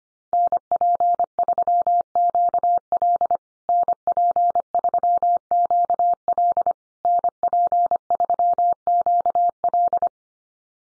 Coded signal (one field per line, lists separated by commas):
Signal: Morse code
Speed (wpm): 25 wpm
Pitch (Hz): 700 Hz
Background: none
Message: NP3QL NP3QL NP3QL